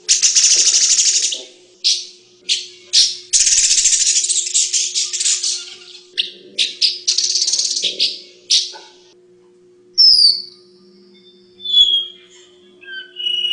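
Paradise whydah song, harsh buzzy rattles and scratchy bursts, followed by clear sliding whistled notes near the end, with a faint steady hum.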